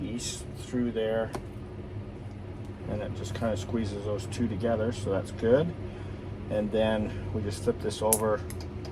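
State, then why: Not seated. A plastic wire tap connector is handled after its metal blade has been pressed through to squeeze two wires together, and its hinged cover is about to be flipped over the spliced wires, while someone talks over a steady low hum. The cover has not snapped shut yet, and nothing has seated or clicked.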